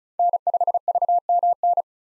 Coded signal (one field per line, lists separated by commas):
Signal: Morse code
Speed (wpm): 36 wpm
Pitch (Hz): 700 Hz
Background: none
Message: N5VMN